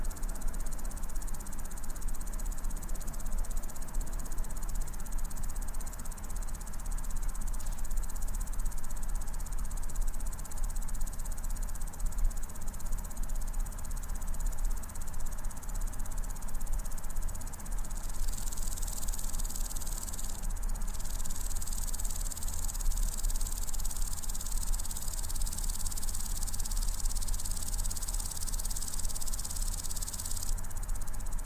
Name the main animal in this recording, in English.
Common Green Grasshopper